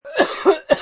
Male Double Cough.